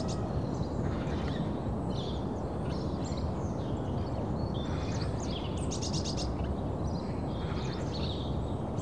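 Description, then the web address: Birds twittering with varied high chirps and one fast rattling burst after the middle, over a continuous low rumble. Birds in suburbia in the early morning. "The BBC Sound Effects Library (Suburbia) Early Morning Suburban Birds"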